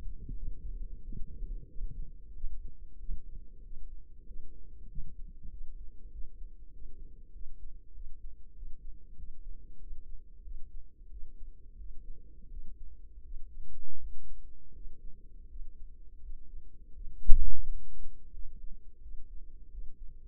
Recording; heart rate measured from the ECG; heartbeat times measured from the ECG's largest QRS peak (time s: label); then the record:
heart sounds by microphone in the right ear; 90 bpm
0.32 s: heartbeat
0.99 s: heartbeat
1.65 s: heartbeat
2.31 s: heartbeat
2.96 s: heartbeat
3.60 s: heartbeat
4.23 s: heartbeat
4.86 s: heartbeat
5.47 s: heartbeat
6.08 s: heartbeat
6.69 s: heartbeat
7.30 s: heartbeat
7.90 s: heartbeat
8.51 s: heartbeat
9.13 s: heartbeat
9.76 s: heartbeat
10.40 s: heartbeat
11.06 s: heartbeat
11.74 s: heartbeat
12.46 s: heartbeat
13.20 s: heartbeat
13.95 s: heartbeat
14.70 s: heartbeat
15.45 s: heartbeat
16.18 s: heartbeat
16.90 s: heartbeat
17.60 s: heartbeat
18.29 s: heartbeat
18.98 s: heartbeat
19.67 s: heartbeat
From the record:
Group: healthy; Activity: rest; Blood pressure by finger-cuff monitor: 124/73 mmHg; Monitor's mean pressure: 89 mmHg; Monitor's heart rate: 91 bpm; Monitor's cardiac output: 7.4 L/min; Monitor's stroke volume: 84 mL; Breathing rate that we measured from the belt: 22 breaths a minute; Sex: female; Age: 32 years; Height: 172 cm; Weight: 71.7 kg